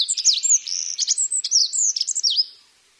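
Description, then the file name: Olive-backed pipit song: a fast, high, sweet jumble of slurred whistles and short trilled notes, pouring out continuously for about two and a half seconds. "binzui"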